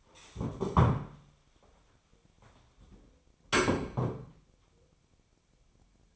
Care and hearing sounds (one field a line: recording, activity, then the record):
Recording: daily activity, microphone in the room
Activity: stand up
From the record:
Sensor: 1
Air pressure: 1015.2 hPa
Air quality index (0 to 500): 194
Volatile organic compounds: 21 ppm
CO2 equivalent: 2719 ppm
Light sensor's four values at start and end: 12/29/12/13 and 12/29/12/13